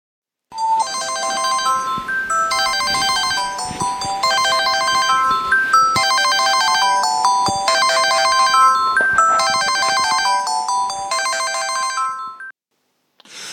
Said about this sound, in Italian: Questa mattina la sveglia è suonata alle 8, impietosamente puntuale.